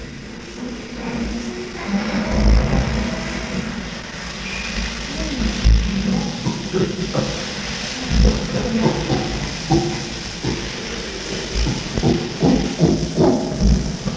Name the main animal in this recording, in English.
Chimpanzee